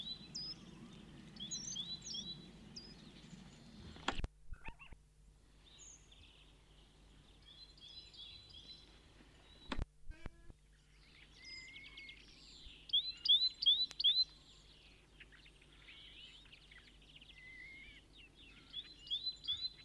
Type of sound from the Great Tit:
call